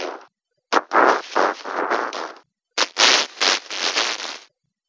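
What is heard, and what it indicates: Hissing, noise-like bursts follow the rhythm of speech: about two phrases with syllable-like pulses, but no clear voice pitch and no intelligible words. This is noise-vocoded speech simulating hearing through a cochlear implant with very few channels, late in a sequence where the channel count decreases from 32 down to 1, so speech loses its detail and becomes hard to understand.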